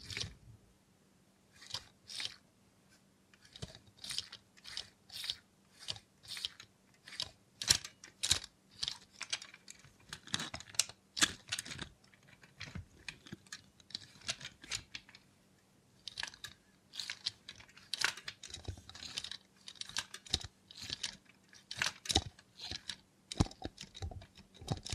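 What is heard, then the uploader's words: A robot hand makes quick, crisp clicking and tapping sounds, like typing on a keyboard, in uneven bursts with short pauses throughout. The taps are bright and sharp, and a faint steady low hum runs underneath. Try ASMR with a Robot Hand (No Talking).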